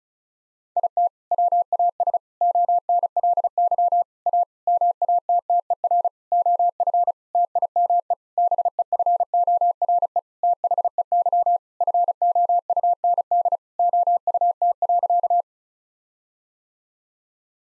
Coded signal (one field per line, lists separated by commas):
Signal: Morse code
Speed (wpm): 34 wpm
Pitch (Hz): 700 Hz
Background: none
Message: IT WAS ONLY A MATTER OF TIME BEFORE THEY FOUND OUT.